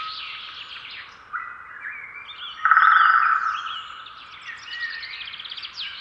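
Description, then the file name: Eurasian jay giving one harsh, rasping screech about a second long, standing out over a busy chorus of other songbirds whistling and chattering throughout. "Garrulus glandarius"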